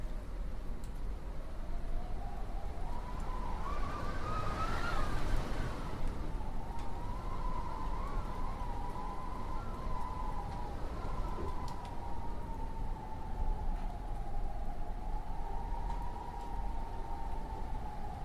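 Howling wind blows steadily for the whole stretch, a deep rushing roar underneath a whistling tone that wavers up and down. The whistle rises and swells sharply around five seconds, then settles into a lower, slowly drifting moan with small gusty flutters.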